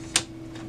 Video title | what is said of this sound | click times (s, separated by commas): Brother Intellifax 2840 - How to Replace & Reset Your Drum - Onyx Imaging | tab you want to just slide it over and you want to put it back in its locking place so you'll be able to hear that | 0.2 s